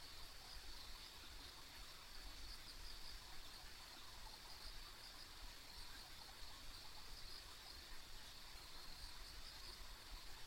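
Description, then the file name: Insects chirping in a steady high, shimmering band with quick pulsed trills throughout, over a constant low rushing background noise. Ambient insect sounds recorded along a country road. "田舎道の虫の環境音"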